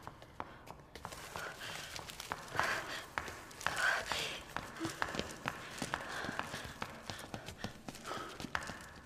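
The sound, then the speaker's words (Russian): Footsteps of a woman climbing stairs to the second floor after dropping shopping bags, a girl following, a steady run of sharp, hard clacks repeating every half second or so at moderate loudness, with faint rustling underneath and no clear talk. “Ольга направилась на второй этаж, бросив пакеты на пол.”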